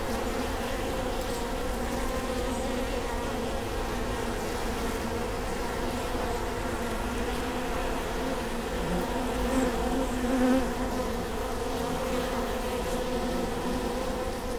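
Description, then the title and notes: Honey bee hive hum, constant and layered, with a louder buzz swelling briefly past halfway. Bee hive at Prinzessinnengarten, Hermannstraße, Berlin, Germany; recorded with Sony PCM D50 and Primo EM172. "Prinzessinnengarten II, Hermannstraße, Berlin, Deutschland - bee hive. bee hive at Prinzessinnengarten"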